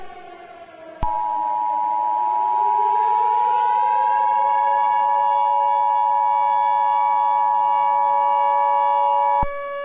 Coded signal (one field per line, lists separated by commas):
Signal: Emergency Alert System (SAME) tones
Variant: 853 and 960 Hz attention tone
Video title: EAS Mock: Eros